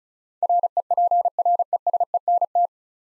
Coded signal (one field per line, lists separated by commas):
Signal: Morse code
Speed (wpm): 36 wpm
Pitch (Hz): 700 Hz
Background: none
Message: REPRESENT